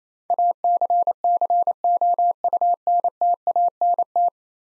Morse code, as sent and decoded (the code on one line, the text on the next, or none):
.- -.-. -.-. --- ..- -. - .- -. -
ACCOUNTANT